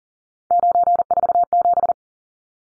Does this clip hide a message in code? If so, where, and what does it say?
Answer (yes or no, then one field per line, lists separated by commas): yes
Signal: Morse code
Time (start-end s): 0.5-1.9 s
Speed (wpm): 40 wpm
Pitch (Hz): 700 Hz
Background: none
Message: 947